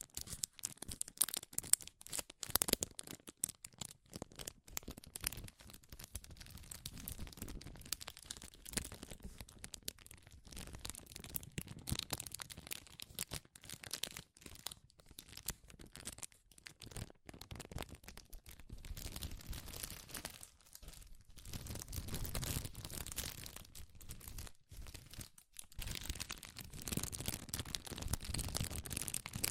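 Powerful crinkling runs the whole thirty seconds, a dense, irregular crackle of sharp snaps spread from low to very bright tones. Louder bursts cluster in the first few seconds and again near the end, with brief near-silent gaps around twenty and twenty-five seconds.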